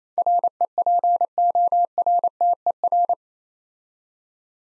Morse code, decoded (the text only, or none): REPORTER